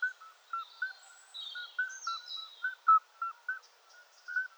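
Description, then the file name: Common midwife toads giving short, pure, bell-like piping notes, several overlapping in a steady chorus, with faint bird chirps and twitters higher above. "Oliver Swift Geburtshelferkröte"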